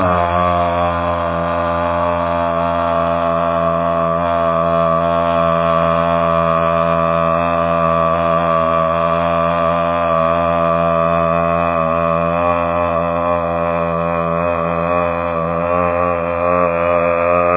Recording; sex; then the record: sustained vowel /a/; male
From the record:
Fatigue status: no fatigue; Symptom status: symptomatic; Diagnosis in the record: COVID-19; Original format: 3gp